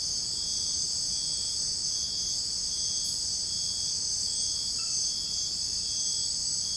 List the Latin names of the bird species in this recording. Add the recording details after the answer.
none. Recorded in dense forest near Puerto Asís, Putumayo, Colombia, on 21 February 2024 at 05:00. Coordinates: 0.487, -76.319. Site G6403